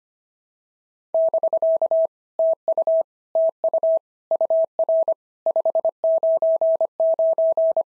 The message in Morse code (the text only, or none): <BK> TU TU UR 599